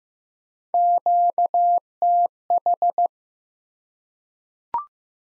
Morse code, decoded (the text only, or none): QTH